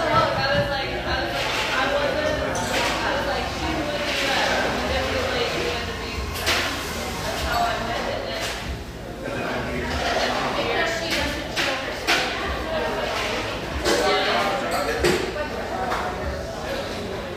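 A bustling café hums with overlapping conversation, many voices blending into a steady, dense murmur that fills the room. Sharp clinks of dishes and cutlery break through every second or two, and a low hum sits underneath throughout.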